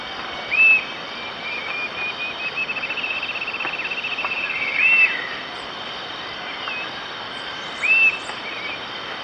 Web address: Natures Songs S America Birds of Ecuador 53 Coppery-chested Jacamar